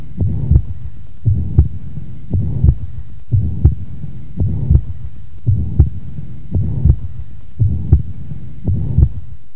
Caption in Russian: Систолический шум трикуспидальной недостаточности.